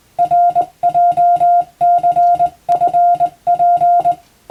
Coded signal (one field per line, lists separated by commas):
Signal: Morse code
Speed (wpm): 20 wpm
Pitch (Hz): 700 Hz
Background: music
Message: RJCFP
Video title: 【Radio operator morse practice】This is a Morse code practice video. There is a morse exam in japan.